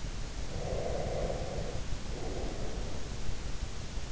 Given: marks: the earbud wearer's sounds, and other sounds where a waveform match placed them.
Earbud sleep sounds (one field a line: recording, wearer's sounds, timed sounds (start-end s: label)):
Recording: sounds in sleep by an in-ear microphone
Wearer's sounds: breath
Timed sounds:
0.54-3.17 s: breath